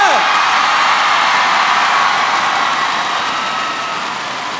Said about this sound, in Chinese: 你知唔知一个歌手喺台上面都全场企晒起身尖叫，系好唔舍得走噶？